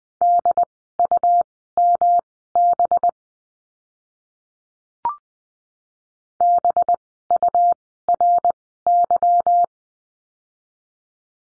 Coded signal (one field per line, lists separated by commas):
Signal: Morse code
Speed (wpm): 20 wpm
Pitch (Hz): 700 Hz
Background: none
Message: DUMB BURY